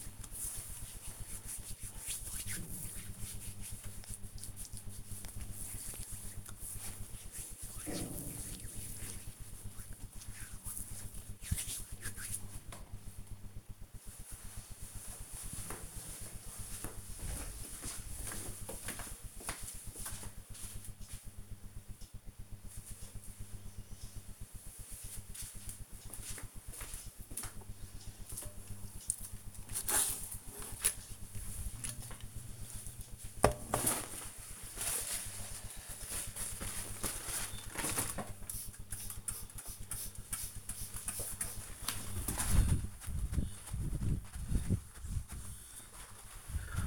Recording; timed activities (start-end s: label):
household activities, microphone on the right wrist
0.00-12.34 s: cream hands
37.49-46.87 s: window cleaning